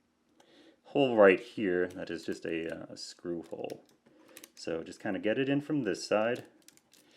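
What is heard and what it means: Someone talks while working the blunt peg of a plastic grenade-rack armor piece toward a screw hole on the body of a 1/60 scale VF-0 toy. A few faint, short ticks of handling come near the end, but the peg has not snapped into place yet and nothing has seated.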